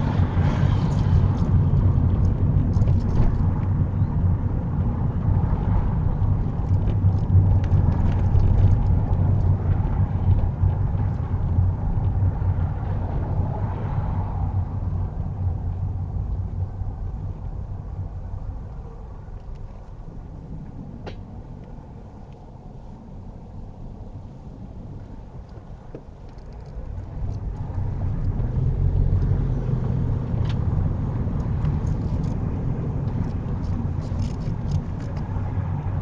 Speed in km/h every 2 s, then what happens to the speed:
26, 23, 19, 18, 16, 15, 11, 8, 6, 3, 3, 3, 5, 16, 23, 23, 19, 18.
0-17 slows to 3. 17-24 steady at about 3. 24-28 speeds up to 23. 28-36 steady at about 19.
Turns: none.